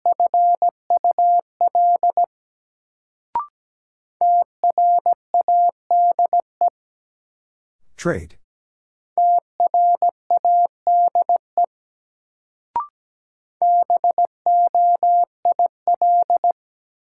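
A word is sent in Morse code as steady beeps in rapid bursts, repeated twice, with short clicks between groups and a rustling thump near the middle.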